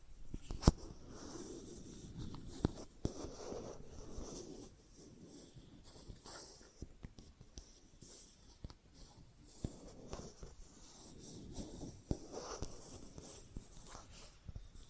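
Plastic objects tap and scratch in a quiet, uneven stream of small sounds. Sharp clicks stand out near the first and third seconds. Soft rustling scrapes continue throughout, and the activity thins after about five seconds before picking up again with scattered taps.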